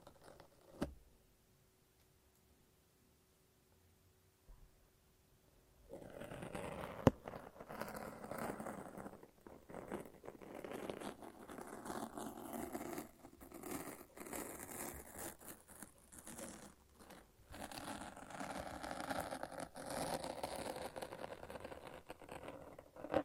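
A lint roller and tape make sticky sounds: near silence with a faint hum, then from six seconds dense, crackling peeling and rasping with a sharp snap.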